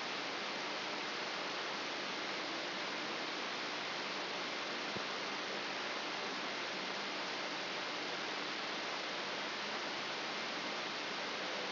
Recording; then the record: brain microelectrode recording played as sound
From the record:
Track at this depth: inside the subthalamic nucleus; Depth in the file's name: 3.902 mm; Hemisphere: left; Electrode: 3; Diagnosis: Parkinson's disease